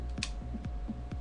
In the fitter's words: and this one actually ratchets and locks in place,